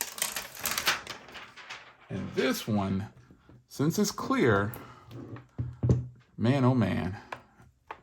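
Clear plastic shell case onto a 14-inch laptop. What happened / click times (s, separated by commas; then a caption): The plastic case clip snapped into place / 7.9 s. A clear plastic shell case half, a SUPCASE Unicorn Beetle Series clear case, is pushed onto a 14-inch MacBook Pro while someone talks, with faint plastic rubbing and handling noises underneath. At 7.9 s its clip snaps into place with a short, sharp click, and the case is seated.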